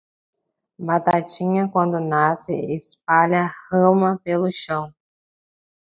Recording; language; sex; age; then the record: short text; Brazilian Portuguese; female; 20 to 29 years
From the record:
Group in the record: control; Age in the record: 21 years